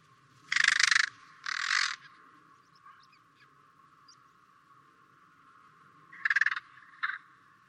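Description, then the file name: Carrion crow giving harsh cawing calls, two strong caws at the start and two shorter ones near the end, with quiet gaps between. "Corvus corone"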